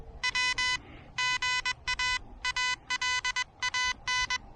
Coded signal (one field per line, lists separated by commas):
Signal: Morse code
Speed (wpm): 20 wpm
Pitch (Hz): 2000 Hz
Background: none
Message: W GA ALAN